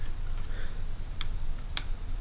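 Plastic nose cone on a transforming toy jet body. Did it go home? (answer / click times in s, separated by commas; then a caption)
no / none. A plastic nose cone on the body of a Yamato VF-17S Nightmare transforming toy jet in Diamond Force colors is moved toward its locked position, giving brief, faint plastic ticks at about 1.2, 1.8 and 2.2 seconds over a low background rumble. The nose cone has not clicked into place.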